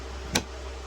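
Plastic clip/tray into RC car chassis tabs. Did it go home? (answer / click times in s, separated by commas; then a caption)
yes / 0.4 s. A plastic battery tray latch on a Rlaarlo MK07 RC crawler is pushed back in under three tabs on the chassis and snaps into place. A single sharp, bright tick at 0.4 s stands out over a steady low hum, and the latch is seated.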